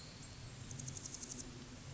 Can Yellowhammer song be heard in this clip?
no